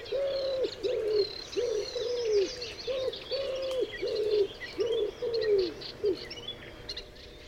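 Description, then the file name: Common wood pigeon cooing: a steady run of low, arched hooting notes about half a second apart, with faint chirping from other small birds above. "Houtduif Columba palumbus"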